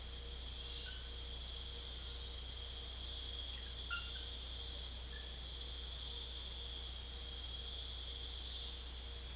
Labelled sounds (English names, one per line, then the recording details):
none
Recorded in secondary vegetation near Puerto Asís, Putumayo, Colombia, on 21 December 2024 at 01:30
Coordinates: 0.488, -76.319
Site GP04